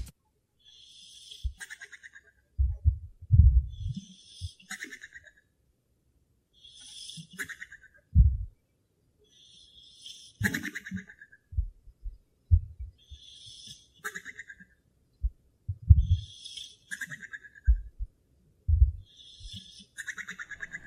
It's hard to tell who's snoring. That would be the dog.